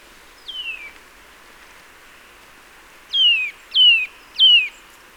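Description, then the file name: Eurasian nuthatch: one softer descending whistle, a pause, then three louder falling whistles in quick succession. "Sitta europaea"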